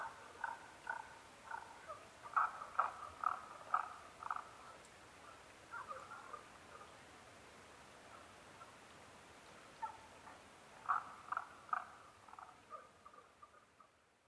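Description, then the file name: Tago's brown frog producing two bouts of rapid croaking notes separated by a quieter stretch of a few faint calls. Recorded 15 May 2011 at 02:19. "tagogaeru-20110515-0219"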